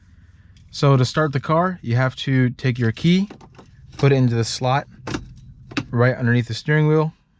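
Someone talks while handling the plastic key fob of an E92 335i, bringing it to the ignition slot under the steering wheel, with brief key-jangling rattles around 5.1–5.8 s. Nothing has seated or clicked into the slot yet.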